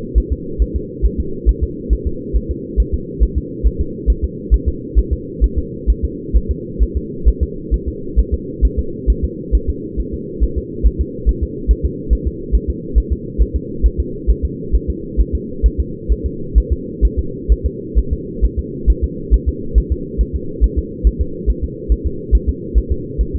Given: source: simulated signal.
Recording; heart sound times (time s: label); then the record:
fetal heart sounds
0.18 s: S1
0.33 s: S2
0.62 s: S1
0.76 s: S2
1.05 s: S1
1.20 s: S2
1.49 s: S1
1.63 s: S2
1.93 s: S1
2.07 s: S2
2.36 s: S1
2.51 s: S2
2.80 s: S1
2.94 s: S2
3.23 s: S1
3.38 s: S2
3.66 s: S1
3.81 s: S2
4.10 s: S1
4.24 s: S2
4.54 s: S1
4.68 s: S2
4.99 s: S1
5.13 s: S2
5.44 s: S1
5.59 s: S2
5.90 s: S1
6.05 s: S2
6.36 s: S1
6.51 s: S2
6.83 s: S1
6.97 s: S2
7.28 s: S1
7.43 s: S2
7.74 s: S1
7.88 s: S2
8.19 s: S1
8.34 s: S2
8.65 s: S1
8.79 s: S2
9.10 s: S1
9.25 s: S2
9.55 s: S1
9.69 s: S2
10.00 s: S1
10.14 s: S2
10.44 s: S1
10.58 s: S2
10.87 s: S1
11.01 s: S2
11.29 s: S1
11.43 s: S2
11.71 s: S1
11.85 s: S2
12.13 s: S1
12.27 s: S2
12.55 s: S1
12.70 s: S2
12.98 s: S1
13.12 s: S2
13.42 s: S1
13.56 s: S2
13.86 s: S1
14.00 s: S2
14.30 s: S1
14.45 s: S2
14.75 s: S1
14.90 s: S2
15.21 s: S1
15.35 s: S2
15.66 s: S1
15.80 s: S2
16.12 s: S1
16.26 s: S2
16.58 s: S1
16.72 s: S2
17.05 s: S1
17.19 s: S2
17.52 s: S1
17.66 s: S2
17.99 s: S1
18.13 s: S2
18.45 s: S1
18.59 s: S2
18.90 s: S1
19.04 s: S2
19.34 s: S1
19.49 s: S2
19.78 s: S1
19.92 s: S2
20.21 s: S1
20.36 s: S2
20.64 s: S1
20.78 s: S2
21.07 s: S1
21.21 s: S2
21.50 s: S1
21.64 s: S2
21.92 s: S1
22.07 s: S2
22.35 s: S1
22.49 s: S2
22.78 s: S1
22.92 s: S2
23.21 s: S1
23.36 s: S2
From the record:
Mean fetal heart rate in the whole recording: 135 bpm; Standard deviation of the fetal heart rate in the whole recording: 3 bpm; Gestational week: 34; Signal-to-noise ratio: -4.3 dB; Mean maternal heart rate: 72 bpm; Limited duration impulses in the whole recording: absent